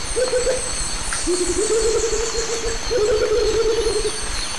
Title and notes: Duet Rufous motmots. Dúo de Baryphthengus martii (Pájaro Bobo). Grabado en 1998 cerca de la represa del lago Arenal, al borde del bosque durante el amanecer. Además del pájaro Bobo, se escuchan otras aves de fondo, grillos y ambiente del bosque